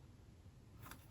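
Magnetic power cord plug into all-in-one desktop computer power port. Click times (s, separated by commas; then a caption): 0.9 s. The nylon braided power cord's magnetic plug is brought to the power port on the back of the metal housing of a blue 2021 Apple iMac 24" with M1 processor. Against a faint low hum, a short, bright magnetic snap is heard at 0.9 s as the plug seats onto the port.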